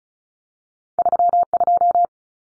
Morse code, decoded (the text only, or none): 32